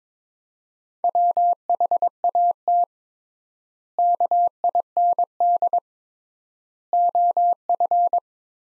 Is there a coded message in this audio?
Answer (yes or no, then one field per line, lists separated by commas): yes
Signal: Morse code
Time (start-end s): 1.0-8.2 s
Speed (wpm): 22 wpm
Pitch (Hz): 700 Hz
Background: none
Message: WHAT KIND OF